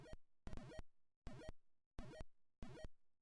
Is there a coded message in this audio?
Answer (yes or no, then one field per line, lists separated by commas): no